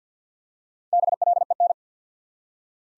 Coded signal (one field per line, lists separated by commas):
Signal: Morse code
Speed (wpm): 48 wpm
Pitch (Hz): 700 Hz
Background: none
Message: BLEN